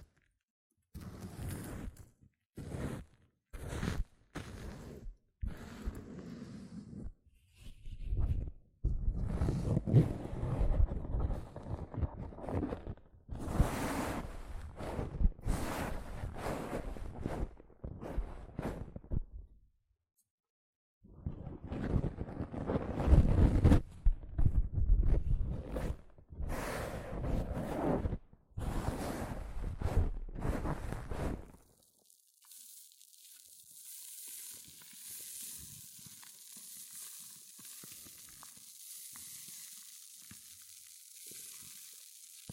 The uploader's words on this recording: ASMR Extreme Fizzing Tingles Hair Mousse Sounds(No Talking).